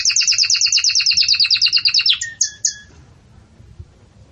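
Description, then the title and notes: Belgian canary song of rapidly repeated two-tone notes, ending in two sharp high chips, then quiet. Belgian canary, campainha (bell-like) song style, used for tutoring young chicks in song. "Belíssimo Canto Do Canário Belga Campainha Para Encarte De Filhotes. CANARIO"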